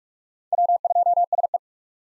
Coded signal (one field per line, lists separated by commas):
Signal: Morse code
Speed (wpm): 45 wpm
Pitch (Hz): 700 Hz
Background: none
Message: W2SE